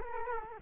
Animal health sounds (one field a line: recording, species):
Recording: mosquito wingbeat signal from an infrared sensor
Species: Culex quinquefasciatus